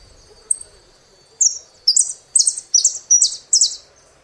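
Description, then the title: Saffron finch song: a lone high chip, then a series of six loud, slurred downward notes in quick succession. "Jilguero Argentino"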